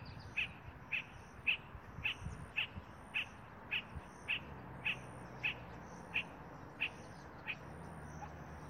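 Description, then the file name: Spot-flanked barbet call, a monotonous string of short, clipped notes spaced roughly half a second apart, with faint high-pitched background chirping. "Tricholaema lacrymosa - Spot-flanked Barbet"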